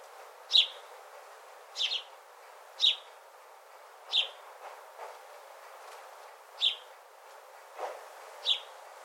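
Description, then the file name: House sparrow chirping, loud single and paired chirps at uneven intervals, with a few softer clicks and faint noises between them. "Passer domesticus"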